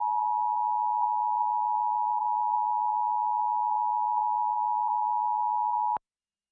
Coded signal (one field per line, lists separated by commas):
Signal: Emergency Alert System (SAME) tones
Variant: 853 and 960 Hz attention tone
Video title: WBGH Tornado Warning EAS (8/7/2023)